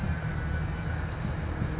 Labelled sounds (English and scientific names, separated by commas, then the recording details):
California Towhee (Melozone crissalis)
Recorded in Sonoma County, California